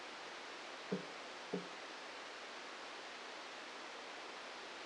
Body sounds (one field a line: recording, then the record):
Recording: brain microelectrode recording played as sound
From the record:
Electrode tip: outside the subthalamic nucleus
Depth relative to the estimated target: 1 mm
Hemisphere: left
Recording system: NeuroSet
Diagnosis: Parkinson's disease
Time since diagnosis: 8 years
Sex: male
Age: 46 years